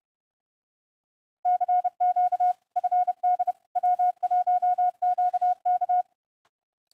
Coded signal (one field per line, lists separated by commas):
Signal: Morse code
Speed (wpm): 30 wpm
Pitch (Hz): 720 Hz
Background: none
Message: CQ FD W1QK